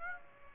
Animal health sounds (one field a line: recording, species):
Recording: mosquito wingbeat signal from an infrared sensor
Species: Aedes aegypti